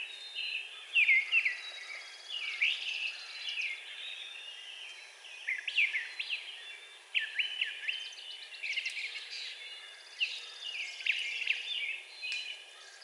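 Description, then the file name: Brown thrasher song of varied, short, rapid phrases of sharp slurred notes and chirps coming in bursts. Recorded on 4 June 2020. "2020-06-04 Brown Thrasher"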